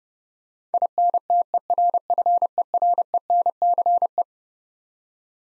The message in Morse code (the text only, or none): INTERFERENCE